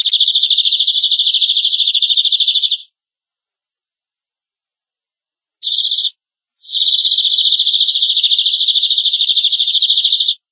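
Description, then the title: Domestic canary trill: long, even, rapid rolling notes at a steady high pitch, broken by a pause, a short burst, then another long roll. "Kenari"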